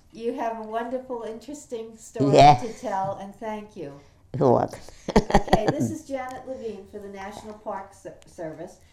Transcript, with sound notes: You have a wonderful, interesting story to tell.
Yes.
And thank you.
You're welcome. ( she laughs )
This is Janet Levine for the National Park Service.